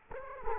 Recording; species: mosquito wingbeat signal from an infrared sensor; Culex quinquefasciatus